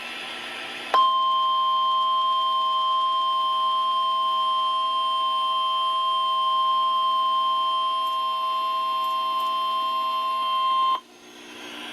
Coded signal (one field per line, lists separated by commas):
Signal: Emergency Alert System (SAME) tones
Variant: 1050 Hz attention tone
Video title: EAS Alerts from Severe Weather in Alabama and Florida (EAS# 30-42)